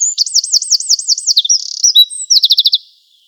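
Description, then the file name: Eurasian wren song, a fast loud high trill of looping rising notes, a brief buzzy burst, then a rapid closing rattle of sharp repeated notes. "Troglodytes troglodytes"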